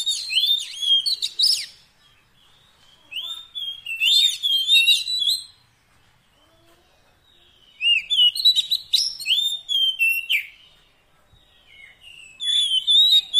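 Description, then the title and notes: Oriental magpie-robin song in four separate bursts of sweet whistles, trills and sharp chirps, with quiet pauses of a second or two between phrases. Long-duration 'isian' fill-in song track, meant to make the kacer sing actively day and night. "Kacer Jadi Gacor Siang Malam. Isian Kacer Durasi Panjang"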